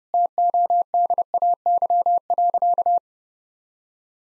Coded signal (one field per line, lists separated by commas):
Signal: Morse code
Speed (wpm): 32 wpm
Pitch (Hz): 700 Hz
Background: none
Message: TODAY.